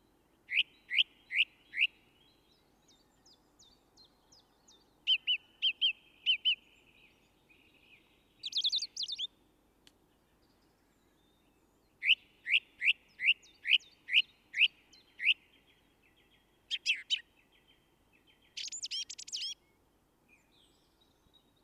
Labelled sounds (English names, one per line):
Song Thrush song